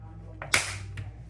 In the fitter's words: Snapped in place. I've snapped this one in place.